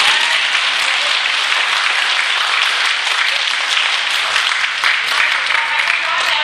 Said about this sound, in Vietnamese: Đồng ý vỗ tay đi.